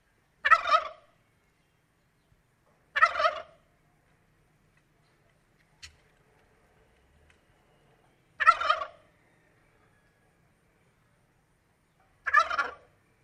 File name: Turkey Sound